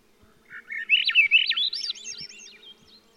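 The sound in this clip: Swainson's Thrush giving one full song, a breezy series of fluty notes climbing upward in a spiral and fading at the top.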